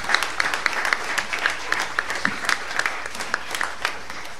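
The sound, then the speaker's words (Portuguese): An audience at a church service applauds the name of Jesus steadily, many hands clapping in a dense, continuous wash with sharper individual claps popping out irregularly throughout, fairly loud and with no voices on top. “Antes disso, aplauda o nome dele mais uma vez.”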